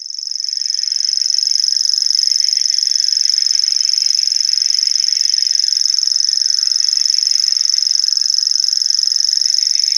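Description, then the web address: Common grasshopper warbler reeling song, a high, dry, insect-like trill held unbroken throughout, swelling in over the first second. "Schulze Peter Grasshopper Warbler song"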